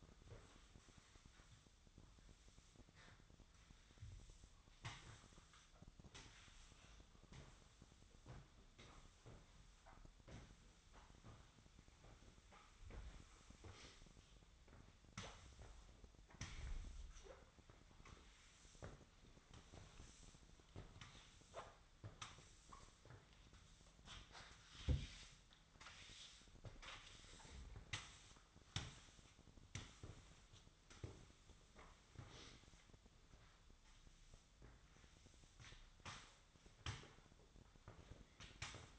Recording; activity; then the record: daily activity, microphone in the room; sweep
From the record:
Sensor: 3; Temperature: 24.4 degrees Celsius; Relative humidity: 34.2%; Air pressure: 1004.7 hPa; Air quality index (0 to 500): 87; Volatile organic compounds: 3 ppm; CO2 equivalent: 1326 ppm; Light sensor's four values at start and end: 7/17/7/6 and 7/17/7/7